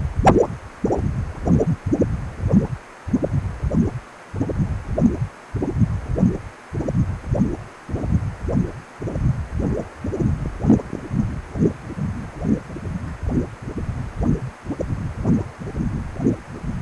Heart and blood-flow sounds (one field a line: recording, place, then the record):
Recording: Doppler ultrasound of blood flow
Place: precordium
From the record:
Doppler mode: continuous wave and pulsed wave in the uncut recording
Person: healthy adult, 18 to 50 years, no heart murmur, not diving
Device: 2.5 MHz transducer